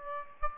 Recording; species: mosquito wingbeat signal from an infrared sensor; Aedes aegypti